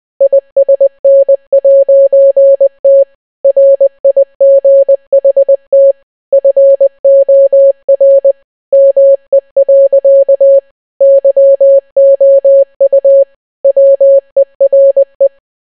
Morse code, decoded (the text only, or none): ISN'T RIGHT FOR ME. YOU WERE